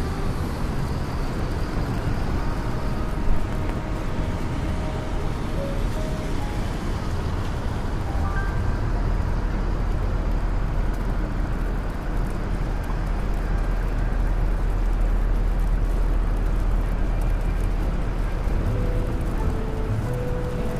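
A rainy day on a New York street: a thick, steady roar of traffic fills the whole clip, with a deep rumble underneath and a constant hiss on top. Short whines and tones drift through, and a single sharp knock lands around three seconds.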